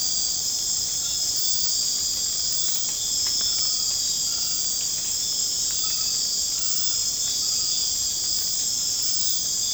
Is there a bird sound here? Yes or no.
no